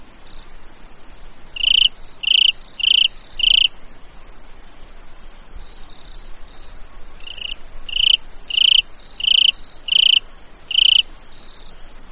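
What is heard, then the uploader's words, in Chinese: A valley cricket chirps in short, evenly spaced bursts: four pulses around two to four seconds, then a longer run of six from about seven to eleven seconds. Each chirp is bright and buzzy, over a faint steady hiss and softer high trills. 山谷蟋蟀 频率8次 大自然声音。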